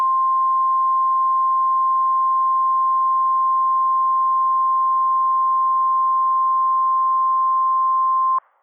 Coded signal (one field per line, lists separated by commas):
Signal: Emergency Alert System (SAME) tones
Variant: 1050 Hz attention tone